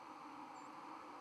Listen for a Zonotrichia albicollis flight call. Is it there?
no